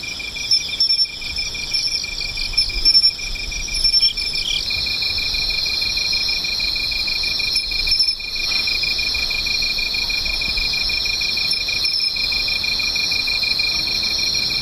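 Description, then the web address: Insects singing in a dense, steady chorus, a high shimmering trill over a fine pulsed ticking, with brief dips in the sound and no other voices. "cats 201110 mushinokoi"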